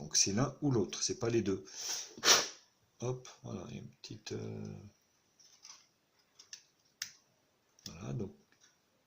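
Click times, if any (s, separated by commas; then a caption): none. A metal nano-SIM/microSD tray is handled at the side slot of an ALLCALL RIO smartphone while someone talks, with a few short, light ticks and taps between phrases. The tray has not seated or clicked into place yet.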